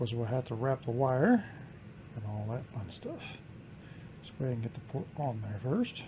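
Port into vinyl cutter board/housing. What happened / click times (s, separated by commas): Handled, not yet seated: no seating click / none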